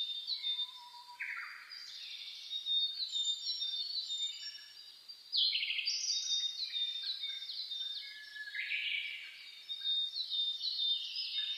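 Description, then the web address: Birds singing in a dense chorus, bursts of bright chirping and rapid trills from several singers overlapping throughout, with a brief low whistle near the start. Dawn chorus (reimei) of birdsong (saezuri), recorded 10 May 2010. "reimei DH-D 50-saezuri-20100510"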